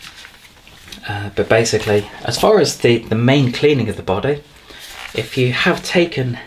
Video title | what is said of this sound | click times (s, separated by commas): How To Clean And Maintain The Dyson V15 and How To Access Secret Menus On The Vacuum | then when it comes to popping it back on, that just clicks back into place. | 0.9 s